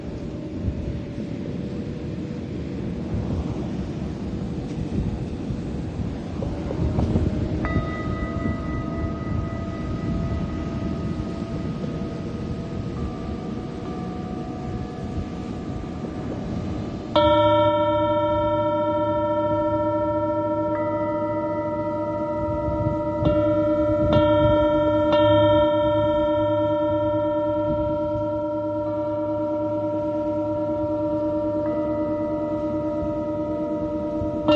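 Singing bowls ring over a low rumble, with a faint tone at seven seconds, then a loud strike at seventeen whose bright overtones hum steadily.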